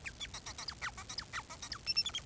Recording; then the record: song of a male Bengalese finch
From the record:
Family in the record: son of father 4